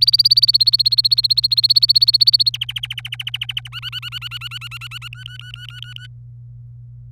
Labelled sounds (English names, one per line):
Domestic Canary song